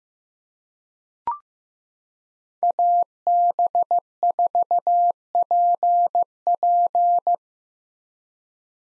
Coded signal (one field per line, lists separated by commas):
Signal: Morse code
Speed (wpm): 15 wpm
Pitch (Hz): 700 Hz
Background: none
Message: AB4PP